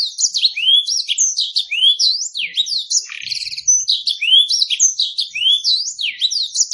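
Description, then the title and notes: Canary song: a lively run of clear whistled phrases, sweeping up and down and repeated in quick succession, with a short rattling burst midway. Long, persistent singing used as a lure and tutor recording (masteran) for wild canaries. "Pikat Kenari GACOR PANJANG INI Cocok Untuk Masteran KENARI LIAR. Masteran burung kenari gacor parah"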